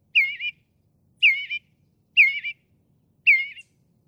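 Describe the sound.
Northern mockingbird giving the same looping whistled phrase four times, about once a second.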